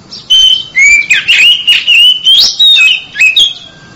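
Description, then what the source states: Oriental magpie-robin delivering a rapid, continuous run of varied whistles, slurred rising and falling notes with scratchy overtones. Chirping song of a champion bird.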